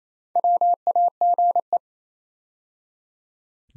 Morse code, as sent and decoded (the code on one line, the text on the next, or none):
.-- .- --. .
WAGE